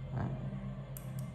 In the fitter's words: Đó, tạch một cái là cái thẻ nó bám luôn ở bên trong này rồi.